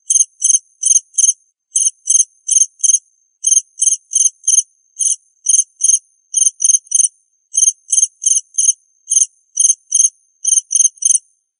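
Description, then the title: Cricket giving bright, high chirps grouped in clusters of three to five, with short pauses between clusters, continuing evenly across the whole stretch. "suara Hujan Guntur Suara Jangkrik Dan Burung"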